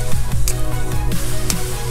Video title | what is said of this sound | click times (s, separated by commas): Multi-tool, Multi-bit Screwdriver, Digital Calipers [The Tool Review] | that one clicks into place | 0.5 s, 1.5 s